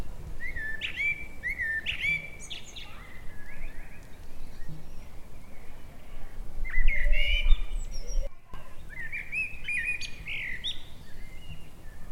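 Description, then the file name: Eurasian blackbird song, a run of rich whistled phrases with high scratchy endings coming every few seconds, over a constant low rumble and hiss. "Turdus merula"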